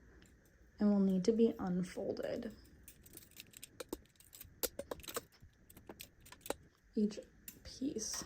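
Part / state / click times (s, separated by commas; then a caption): folding yarn guide mast section locking into its unfolded position on a knitting machine / not seated / none. Someone talks while handling the folded yarn guide (yarn mast) of a home knitting machine, whose hinged plastic/metal sections are being swung up to unfold it. Light taps and small clicks of handling are heard between the words. Nothing has snapped into place yet.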